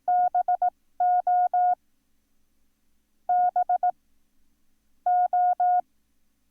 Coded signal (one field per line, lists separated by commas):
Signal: Morse code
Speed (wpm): 18 wpm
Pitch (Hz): 720 Hz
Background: none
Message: BOBO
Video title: Learn Morse Code - Lesson 8